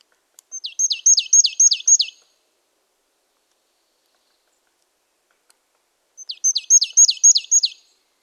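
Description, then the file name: Marsh tit giving two short series of five or six clipped, high descending notes, the second series following after about four seconds of silence. "poecile palustris"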